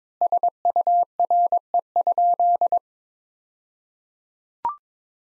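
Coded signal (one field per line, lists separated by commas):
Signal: Morse code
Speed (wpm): 21 wpm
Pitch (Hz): 700 Hz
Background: none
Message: SURE?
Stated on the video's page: Practice sentences from top 300 words at 22 wpm with double word spacing, a word-level Farnsworth-like method.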